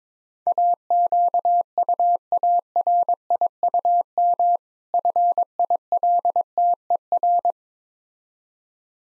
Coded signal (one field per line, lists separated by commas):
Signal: Morse code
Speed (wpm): 22 wpm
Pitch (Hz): 700 Hz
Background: none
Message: AQUARIUM FILTER